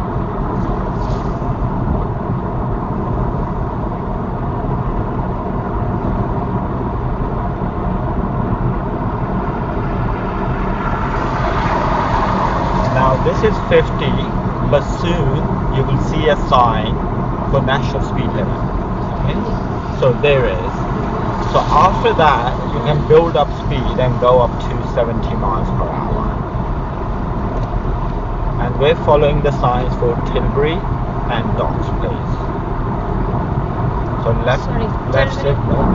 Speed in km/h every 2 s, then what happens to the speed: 74, 74, 74, 74, 76, 76, 74, 72, 72, 72, 74, 74, 76, 79, 82, 85, 89, 89.
0-23 steady at about 74. 23-32 speeds up to 89.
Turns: none.